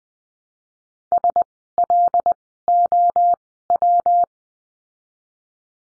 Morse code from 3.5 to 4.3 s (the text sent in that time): W